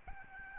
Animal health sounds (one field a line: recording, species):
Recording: mosquito wingbeat signal from an infrared sensor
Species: Aedes albopictus